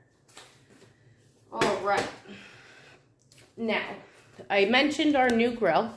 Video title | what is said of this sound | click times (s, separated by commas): ✔Some 🙋‍♀️ PC 👩‍🍳Favorites‼️‼️ | So if you want to use the handle on the 10-inch skillet, this just clicks right in. | 0.4 s